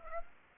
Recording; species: mosquito wingbeat signal from an infrared sensor; Aedes aegypti